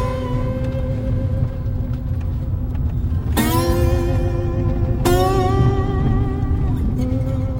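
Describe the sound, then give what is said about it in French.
A steady low engine and road rumble inside a moving car fitted with sensors for autonomous driving, broken twice by bright, ringing chime-like tones a couple of seconds apart. “Donc, cette fois-ci, là, la voiture, donc, elle pourrait rouler en autonome.”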